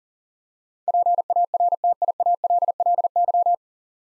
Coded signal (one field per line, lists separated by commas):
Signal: Morse code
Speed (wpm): 40 wpm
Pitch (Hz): 700 Hz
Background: none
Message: PARTIALLY